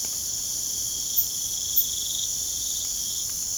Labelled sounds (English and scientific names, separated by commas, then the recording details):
none
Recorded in pastures near Puerto Asís, Putumayo, Colombia, on 27 June 2025 at 02:30
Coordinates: 0.497, -76.327
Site G040